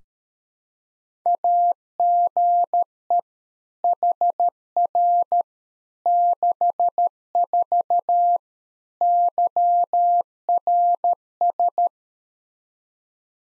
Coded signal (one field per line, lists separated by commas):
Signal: Morse code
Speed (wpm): 13 wpm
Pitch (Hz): 700 Hz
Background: none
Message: AGE HR 64 YRS